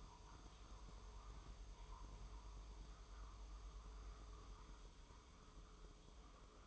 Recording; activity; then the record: daily activity, microphone in the room; make coffee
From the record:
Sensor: 1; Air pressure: 995.1 hPa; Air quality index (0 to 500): 34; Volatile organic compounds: 1 ppm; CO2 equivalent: 610 ppm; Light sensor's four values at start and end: 14/50/18/19 and 14/50/18/19